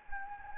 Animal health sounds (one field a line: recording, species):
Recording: mosquito wingbeat signal from an infrared sensor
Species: Anopheles gambiae